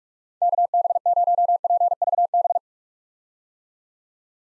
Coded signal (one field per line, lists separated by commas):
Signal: Morse code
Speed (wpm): 46 wpm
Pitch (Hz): 700 Hz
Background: none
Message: KB0PVB